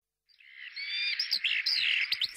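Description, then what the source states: Skylark song, a continuous rapid stream of high, liquid warbling and trilled notes that swells in quickly and runs on without pause. Famous song, described as melodious and complex.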